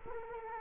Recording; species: mosquito wingbeat signal from an infrared sensor; Culex quinquefasciatus